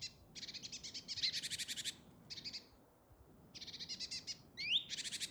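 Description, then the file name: Great tit scolding churrs: several buzzy pulsed rattles in bursts separated by short pauses, with a quick rising whistled note mixed in. "Parus major"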